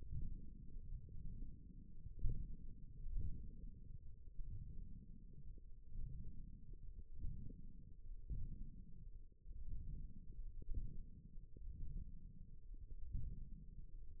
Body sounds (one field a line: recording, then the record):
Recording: forearm muscle sounds (acoustic myography)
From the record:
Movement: ulnar deviation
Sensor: system 1, eight BSWA MPA416 microphones around the upper forearm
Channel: 1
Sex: male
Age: 23 years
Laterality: right